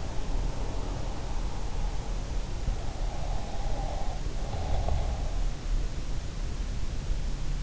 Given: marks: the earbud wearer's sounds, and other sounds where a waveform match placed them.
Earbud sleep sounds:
sounds in sleep by an in-ear microphone; breath
3.12-5.32 s: breath

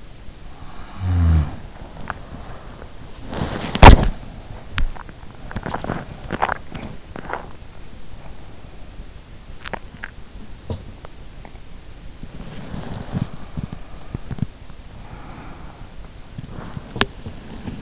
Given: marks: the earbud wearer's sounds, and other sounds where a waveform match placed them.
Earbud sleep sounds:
sounds in sleep by an in-ear microphone; snoring breath, body movement
0.45-2.14 s: snoring breath
2.81-17.82 s: body movement

